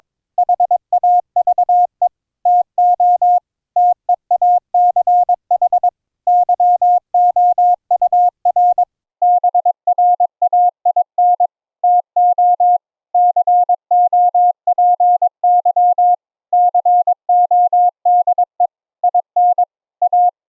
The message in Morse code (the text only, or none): HAVE TO TEACH YOUR BRAIN TO COPY CODE IN A